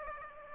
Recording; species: mosquito wingbeat signal from an infrared sensor; Aedes aegypti